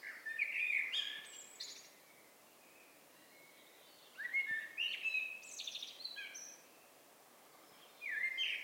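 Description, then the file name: Eurasian blackbird singing mellow warbled phrases that break into high, squeaky twitters, repeated three times with silent pauses between them. "Turdus merula"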